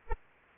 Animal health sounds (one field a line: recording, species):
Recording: mosquito wingbeat signal from an infrared sensor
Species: Aedes aegypti